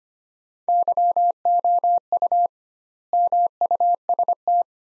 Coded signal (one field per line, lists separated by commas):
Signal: Morse code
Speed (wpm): 25 wpm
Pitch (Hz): 700 Hz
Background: none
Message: YOU MUST